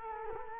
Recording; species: mosquito wingbeat signal from an infrared sensor; Culex quinquefasciatus